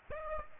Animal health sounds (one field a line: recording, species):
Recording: mosquito wingbeat signal from an infrared sensor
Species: Aedes aegypti